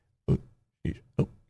She's sneezing.